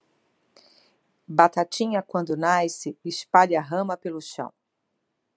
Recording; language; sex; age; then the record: short text; Brazilian Portuguese; female; 50 to 59 years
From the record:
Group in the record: control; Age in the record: 52 years